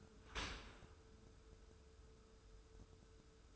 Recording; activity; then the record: daily activity, microphone in the room; open dishwasher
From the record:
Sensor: 2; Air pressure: 1014.8 hPa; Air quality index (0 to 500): 24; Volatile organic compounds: 0 ppm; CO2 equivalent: 498 ppm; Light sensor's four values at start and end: 10/23/9/9 and 10/22/9/9